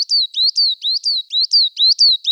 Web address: Parus ater